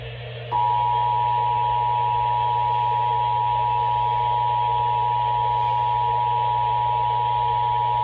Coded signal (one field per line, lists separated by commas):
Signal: Emergency Alert System (SAME) tones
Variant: 853 and 960 Hz attention tone